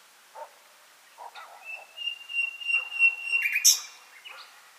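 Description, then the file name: Common nightingale song: a few soft notes, a long, pure whistle that swells, then a sudden sharp, harsh burst and soft closing notes. "Luscinia megarhynchos"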